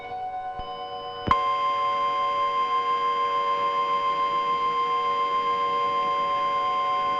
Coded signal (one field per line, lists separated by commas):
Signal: Emergency Alert System (SAME) tones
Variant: 853 and 960 Hz attention tone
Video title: EAS Tornado Warning and Storm Sirens